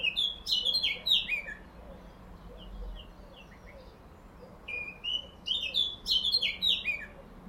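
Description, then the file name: Eurasian blackcap song: a rich warbling phrase, softer twittering in between, then a second loud phrase of fast tumbling notes. "Sylvia atricapilla"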